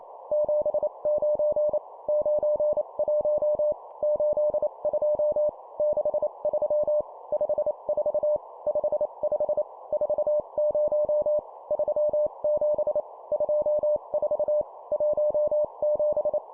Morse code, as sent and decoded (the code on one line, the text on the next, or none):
--... ----. / ----. .---- / ---.. ..--- / -.... ...-- / ..... ....- / ..... ..... / ....- ----- / ...-- --... / ..--- ....- / .---- --...
79 91 82 63 54 55 40 37 24 17